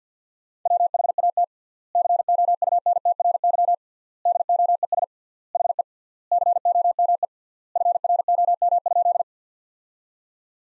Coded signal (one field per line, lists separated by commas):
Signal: Morse code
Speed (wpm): 50 wpm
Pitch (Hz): 700 Hz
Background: none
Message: WHAT COUNTRY DOES HE COME FROM?